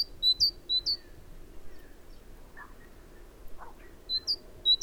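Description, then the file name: Great tit whistling a few quick two-note phrases at the start and again at the end, with soft lower chirps between. "Parus major"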